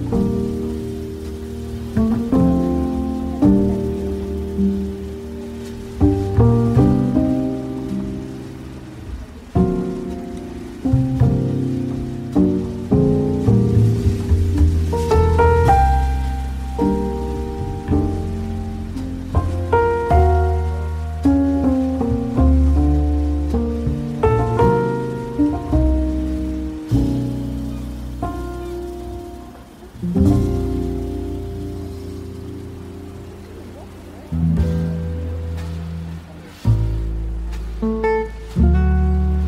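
Soft coffee shop music plays throughout, mostly mellow piano chords with low bass notes that ring and fade, changing every second or two. A faint, steady wash of ocean waves hisses underneath. The music dips briefly near thirty seconds before resuming.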